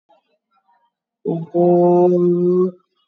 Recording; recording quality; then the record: sustained vowel as in boot; excellent, no background noise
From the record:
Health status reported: COVID-19 positive, mild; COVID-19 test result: positive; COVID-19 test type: RT-PCR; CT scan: taken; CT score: 3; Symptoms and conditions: cough, cold, fatigue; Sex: female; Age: 62 years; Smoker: no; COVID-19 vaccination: both doses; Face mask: worn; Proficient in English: yes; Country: India